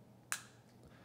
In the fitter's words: and now it clicked in place